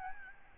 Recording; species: mosquito wingbeat signal from an infrared sensor; Aedes albopictus